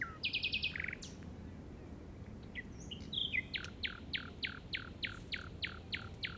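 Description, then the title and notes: Common nightingale song: buzzy trilled notes and scattered chips, then a steady series of about ten loud descending whistled notes repeated evenly. Recorded in the Llobregat Delta at 06:00 on 8 May 2015 with a Zoom recorder. "Grabación de ruiseñor común (Luscinia megarhynchos) en el Delta del Llobregat a las 06:00 del 08/05/2015."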